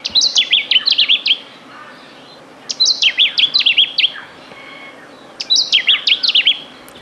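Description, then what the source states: Lemon-bellied Flycatcher calling: three bursts of sharp, high, rapidly repeated whistled notes, each phrase about a second long and separated by short pauses. Top End bird, quite common in northern woodland, scrub, mangroves and vegetation along rivers and swamps; also called lemon-bellied fly robin.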